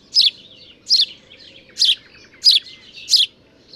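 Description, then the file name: House sparrow calling with five sharp, rasping chirps at roughly regular intervals, faint bird notes and a low hum behind. "Passer domesticus"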